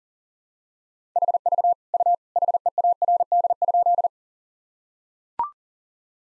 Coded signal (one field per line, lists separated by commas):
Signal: Morse code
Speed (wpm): 40 wpm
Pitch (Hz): 700 Hz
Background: none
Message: HV U HEARD?